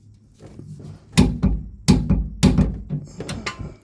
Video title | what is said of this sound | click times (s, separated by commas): Nissan Frontier leaf spring replacement | Hear the click. | 1.9 s, 2.4 s